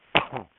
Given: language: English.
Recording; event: throat vibration sensor signal played as sound; cough